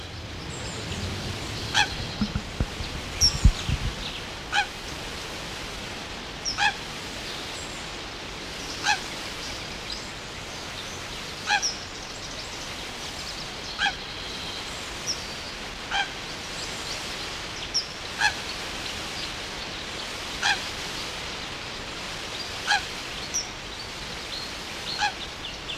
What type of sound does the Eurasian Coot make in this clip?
call